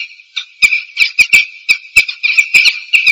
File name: Jackdaw Call